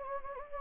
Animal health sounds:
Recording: mosquito wingbeat signal from an infrared sensor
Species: Anopheles gambiae

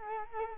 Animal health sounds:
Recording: mosquito wingbeat signal from an infrared sensor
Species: Culex quinquefasciatus

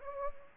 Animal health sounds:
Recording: mosquito wingbeat signal from an infrared sensor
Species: Anopheles gambiae

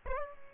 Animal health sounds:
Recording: mosquito wingbeat signal from an infrared sensor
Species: Aedes albopictus

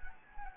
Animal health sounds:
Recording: mosquito wingbeat signal from an infrared sensor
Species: Anopheles gambiae

